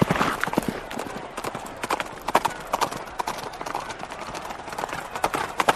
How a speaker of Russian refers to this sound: Португалец обогнал гавайца. Шумно стучали копыта. Шумно храпели 3 лошади, сбившиеся в кучу. Свистели хлысты жокеев и во всю глотку кричали зрители и зрительницы.